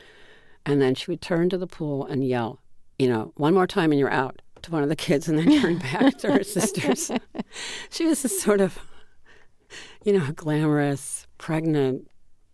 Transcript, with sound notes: and then she would turn to the pool and yell, you know, one more time and you're out to one of the kids and then turn back to her sisters.
(SOUNDBITE OF LAUGHTER)
She was just sort of, you know, a glamorous pregnant